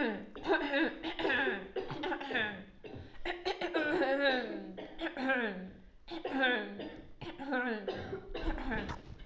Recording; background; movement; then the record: throat clearing; a bystander coughing; sitting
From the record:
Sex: female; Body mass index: 18.3 kg/m2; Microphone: on the chest, facing outward